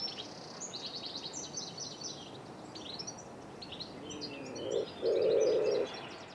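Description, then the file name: Wood pigeon giving low, mellow hoots near the end, one short and one drawn out, over a busy backdrop of high chirping songbirds. "pigeon ramier"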